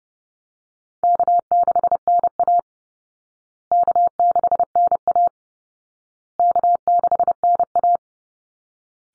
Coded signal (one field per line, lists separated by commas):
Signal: Morse code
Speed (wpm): 30 wpm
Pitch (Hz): 700 Hz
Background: none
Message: K6NA K6NA K6NA